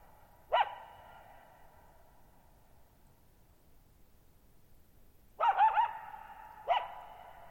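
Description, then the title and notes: Coyote giving a lone sharp bark, then after silence a warbling yip series and another sharp bark, each with a ringing tail. Lone coyote at night, July 14, 2019, Thirtymile Meadows, Okanogan National Forest, Okanogan High Country, 6400 ft; high dry plateau, shallow bowl-shaped meadow, burbling boggy ground, very quiet, reverberant. "Lone Coyote at Thirtymile Meadows. I spent the night of July 14, 2019, camped near Thirtymile Meadows in the Okanogan National Forest at 6400 ft (1950 m)"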